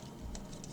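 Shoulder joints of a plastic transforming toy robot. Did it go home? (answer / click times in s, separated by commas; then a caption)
no / none. The shoulder sections of a plastic transforming toy robot are handled and pushed in toward their locking position, giving soft, light plastic patter and faint ticking. The clip ends before they lock, so nothing has seated or clicked yet.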